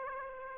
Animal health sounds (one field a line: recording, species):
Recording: mosquito wingbeat signal from an infrared sensor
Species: Aedes aegypti